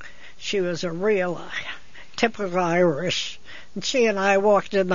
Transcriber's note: none